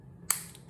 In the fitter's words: it's secures uh very nicely it's it's a very reassuring lock